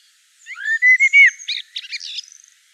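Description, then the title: Common blackbird singing one phrase: rich, low fluty whistles first, then a rapid burst of high, scratchy twittering notes fading out. Recorded in Provence. "Sylvain Jaskowiak - Mes piafs. Merle noir en Provence"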